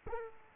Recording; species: mosquito wingbeat signal from an infrared sensor; Aedes aegypti